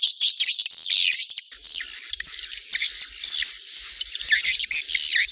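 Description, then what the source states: Swiftlet calls, continuous high twittering with drawn-out whistled notes and quick chirps, steady throughout. Used for swiftlet farming in Asia.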